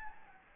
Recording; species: mosquito wingbeat signal from an infrared sensor; Anopheles gambiae